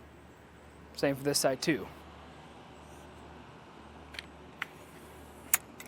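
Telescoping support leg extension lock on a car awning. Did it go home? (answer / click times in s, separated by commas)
yes / 5.5 s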